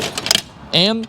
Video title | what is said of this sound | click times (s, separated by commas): 🛵 Pride i-Go vs eFOLDi Comparison at The @NaplesBotanicalGarden | hear it click twice now it's ready to be transported | 0.3 s